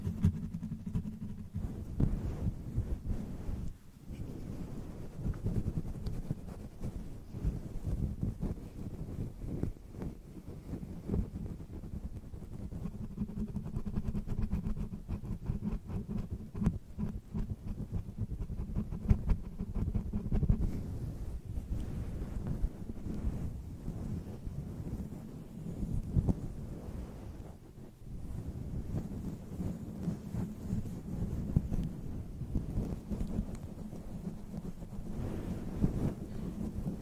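Brushing right against the camera microphone makes a muffled, continuous swishing and rumbling, heavy in the low end. Quick strokes give it a busy, scratchy texture with constant small flickers. Brief pauses near 4 and 28 seconds break the otherwise steady sound.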